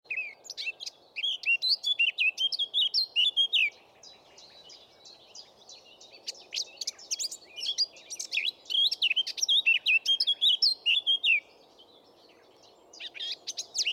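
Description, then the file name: Eurasian blackcap song: rich, hurried warbling phrases of high twittering notes, broken by pauses, over a faint background hiss. "Sylvia atricapilla"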